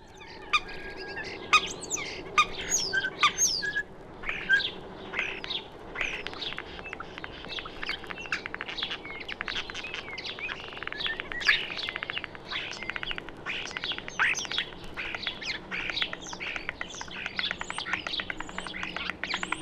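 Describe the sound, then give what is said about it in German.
A songbird sings a long, busy run of high twittering chirps and trills, mimicking linnet and yellowhammer song, with quick varied phrases pouring out steadily and no voices present. “Wenige Tage darauf hörte man denselben Vogel wieder Blessun und Hämpfling nachahmen, dazu den Gesang der Goldammer, der auch im folgenden Jahr in der gleichen individuellen Version geäußert wurde.”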